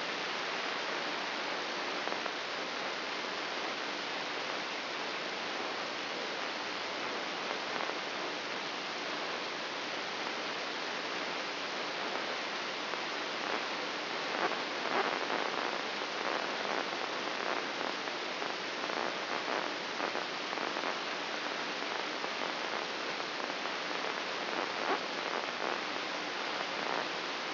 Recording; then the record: brain microelectrode recording played as sound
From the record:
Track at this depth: inside the subthalamic nucleus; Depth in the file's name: 6.061 mm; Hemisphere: left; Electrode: 3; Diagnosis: Parkinson's disease